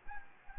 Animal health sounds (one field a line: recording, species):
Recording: mosquito wingbeat signal from an infrared sensor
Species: Anopheles gambiae